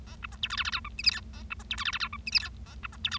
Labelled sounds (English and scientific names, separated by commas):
Bengalese Finch (Lonchura striata domestica) song